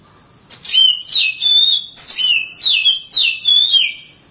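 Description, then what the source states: Oriental magpie-robin song: seven loud, clear downslurred whistles in quick succession, roughly two per second, with sharp high starts. Long-duration song.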